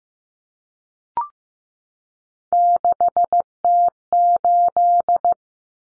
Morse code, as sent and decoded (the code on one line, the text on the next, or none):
-.... - ---..
6T8